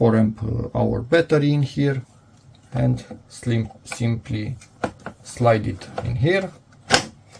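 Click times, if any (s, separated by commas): 6.9 s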